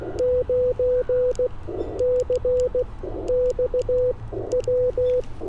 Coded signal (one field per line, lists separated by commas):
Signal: Morse code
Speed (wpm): 16 wpm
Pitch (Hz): 500 Hz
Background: none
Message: 9CXW